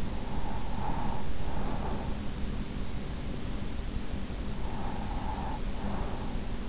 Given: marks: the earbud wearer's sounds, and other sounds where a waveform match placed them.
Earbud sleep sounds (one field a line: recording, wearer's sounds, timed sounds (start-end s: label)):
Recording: sounds in sleep by an in-ear microphone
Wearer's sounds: breath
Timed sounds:
0.21-2.61 s: breath
4.49-6.69 s: breath